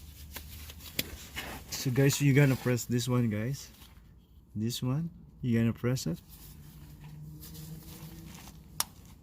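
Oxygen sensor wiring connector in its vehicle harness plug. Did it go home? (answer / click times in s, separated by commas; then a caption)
released / 8.8 s. Someone talks while pressing the release tab on the plastic electrical connector of the downstream oxygen sensor (sensor 2, bank 1) in its wiring harness plug on a 2004 Nissan Murano, which is being replaced for code P0037. The connector latch clicks open sharply at 8.8 s, releasing the connector so it can be taken out.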